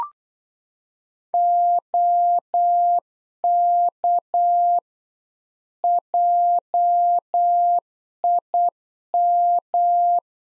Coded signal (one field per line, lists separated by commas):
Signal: Morse code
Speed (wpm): 8 wpm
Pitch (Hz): 700 Hz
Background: none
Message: OK JIM